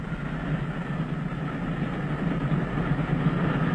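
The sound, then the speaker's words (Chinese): A train bound for Stockholm rolling along the rails: a steady, heavy low rumble with a constant wash of mechanical noise, holding an even loudness throughout, with no voices. “麦肯锡上校从死者身上发现的一张到斯德哥尔摩的火车票断定，在逃的那个已经上了火车。”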